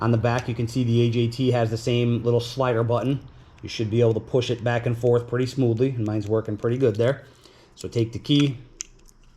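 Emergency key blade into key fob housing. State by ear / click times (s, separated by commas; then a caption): not seated / none. Someone talks while handling an AJT Designs injection key fob shell for a 2022 Toyota Tundra TRD Pro, sliding the small release button on its back back and forth before picking up the metal factory emergency key blade to insert into the bottom of the fob. A few faint, brief handling ticks come near the end, starting around 8.8 s. Nothing has seated or clicked yet: the key blade is not yet home in the fob.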